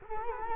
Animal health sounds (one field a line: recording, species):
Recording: mosquito wingbeat signal from an infrared sensor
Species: Culex quinquefasciatus